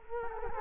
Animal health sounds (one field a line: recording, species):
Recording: mosquito wingbeat signal from an infrared sensor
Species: Culex quinquefasciatus